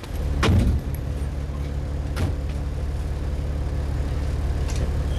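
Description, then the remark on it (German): A car engine idles with a steady low rumble while a door handle clicks and a car door thumps shut as a passenger gets in, followed by a second sharp clunk, with no voices. “Steigen Sie ein.”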